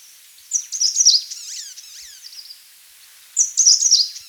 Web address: Grey-Sided Bush Warbler Song